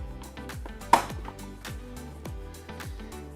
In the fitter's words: You'll feel them click into place when they're locked.